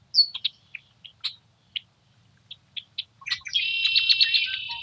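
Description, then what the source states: Red-winged blackbird giving scattered sharp chips, then a loud harsh buzzing trill at the end. Nesting in cattails near a house in Montana, recorded the morning of April 21, 2022, after a fresh dusting of snow; Rode NTG-2 shotgun mic with windshield on boom pole, Zoom H4N.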